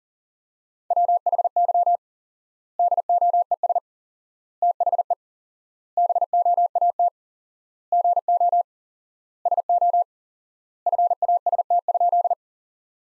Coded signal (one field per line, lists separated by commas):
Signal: Morse code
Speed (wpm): 40 wpm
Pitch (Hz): 700 Hz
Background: none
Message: WHY DOES THE BOAT GO SO FAST?